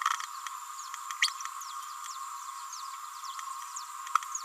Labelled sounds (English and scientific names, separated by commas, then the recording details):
Green-rumped Parrotlet (Forpus passerinus) babbling
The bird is a female
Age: 29 days
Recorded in a nest box in Venezuela
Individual 17B31A3